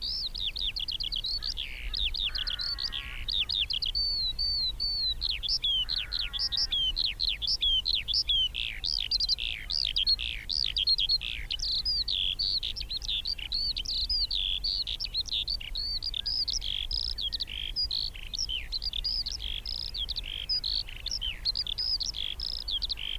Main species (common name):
Eurasian Skylark